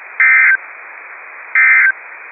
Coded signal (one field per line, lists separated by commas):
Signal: Emergency Alert System (SAME) tones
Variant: end-of-message bursts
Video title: A rather short one this time... | EAS Alerts from 7/25/2022 (EAS #2030-2033)